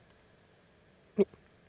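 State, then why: Not seated. Someone tries to fasten the clip of a small fabric hood or mask closed around a doll's head. Only a faint, soft hit is heard near 1.2 seconds, with a smaller tap just after, against quiet background. The clip fails to fasten and nothing has clicked.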